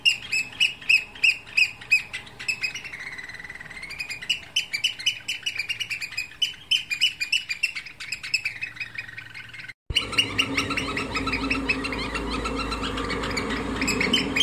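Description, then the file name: Eurasian oystercatcher shrill piping, repeated fast notes for about ten seconds, then a brief cut and a noisier stretch where calls continue over hiss and rumble. "Austernfischer"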